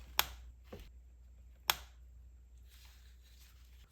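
On a 2014 BMW 328d Wagon's N47 diesel engine, clip-less, spark-plug-wire-style glow plug connector boots with side grooves are pushed back onto the glow plugs by hand. Two sharp clicks at 0.2 s and 1.7 s, with a softer tap near 0.7 s in between, play over a low steady hum. The connectors click into place and are seated.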